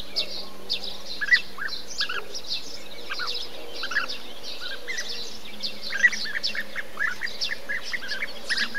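Bee-eater calls: short notes in small, scattered clusters.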